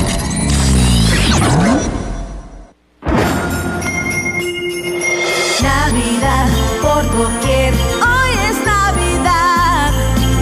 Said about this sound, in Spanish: Campanas dicen que llegó la Navidad.